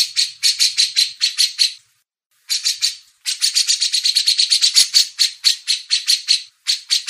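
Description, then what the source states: Grey-cheeked bulbul song in several bursts of quick, scratchy repeated notes with brief pauses between phrases. Masteran training audio.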